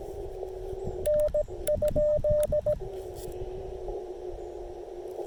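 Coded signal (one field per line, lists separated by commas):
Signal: Morse code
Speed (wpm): 16 wpm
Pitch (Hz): 600 Hz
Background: radio noise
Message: N?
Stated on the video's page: Park activation under poor band conditions; long, challenging activation.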